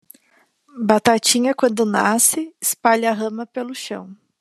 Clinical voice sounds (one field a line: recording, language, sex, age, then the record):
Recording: short text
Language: Brazilian Portuguese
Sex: female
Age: 20 to 29 years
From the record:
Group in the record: control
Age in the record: 23 years